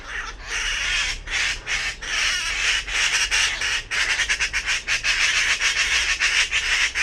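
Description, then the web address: Bird gives harsh, rasping calls, at first in longer smeared notes and then in quicker clipped pulses. "cianscape birddata Deverinetal"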